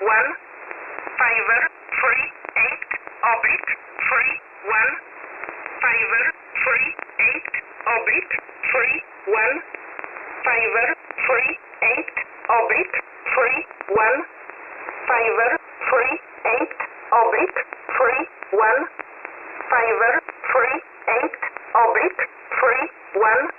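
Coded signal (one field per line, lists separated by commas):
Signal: numbers station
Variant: E11 Oblique, English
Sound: female-type voice reading repeated numbers, "one five three... oblique", over radio hiss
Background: radio static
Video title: 21 09 2022 Numbers Station E11 Oblique in English to Eu 0900 on 9968 Warsaw in USB mode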